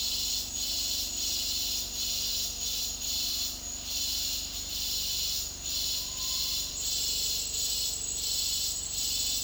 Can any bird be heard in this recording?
no